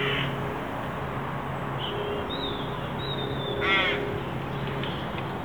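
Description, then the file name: Carrion crow making one clear rasping caw late, over a steady low hum. "Corvus corone"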